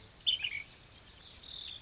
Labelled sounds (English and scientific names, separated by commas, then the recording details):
Ash-throated Flycatcher (Myiarchus cinerascens)
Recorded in Sonoma County, California